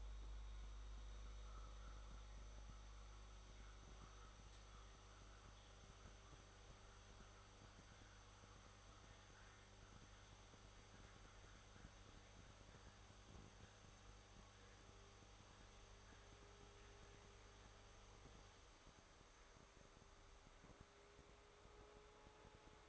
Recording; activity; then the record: daily activity, microphone in the room; make coffee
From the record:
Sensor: 3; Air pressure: 1014.7 hPa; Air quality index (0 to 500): 188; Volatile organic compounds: 20 ppm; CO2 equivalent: 2684 ppm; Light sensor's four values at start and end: 5/12/4/4 and 5/12/4/4